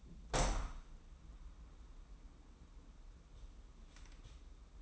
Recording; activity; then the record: daily activity, microphone in the room; open window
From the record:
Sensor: 1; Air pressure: 994.4 hPa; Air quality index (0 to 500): 215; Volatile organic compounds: 1000 ppm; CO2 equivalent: 7746 ppm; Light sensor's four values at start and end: 82/181/82/87 and 83/184/83/90